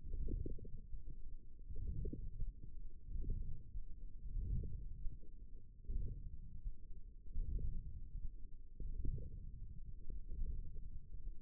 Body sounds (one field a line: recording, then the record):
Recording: forearm muscle sounds (acoustic myography)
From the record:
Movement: wrist flexion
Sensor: system 1, eight BSWA MPA416 microphones around the upper forearm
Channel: 2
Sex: female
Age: 22 years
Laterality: right